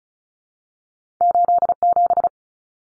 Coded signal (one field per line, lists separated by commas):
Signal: Morse code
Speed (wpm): 36 wpm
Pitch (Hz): 700 Hz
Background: none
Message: 87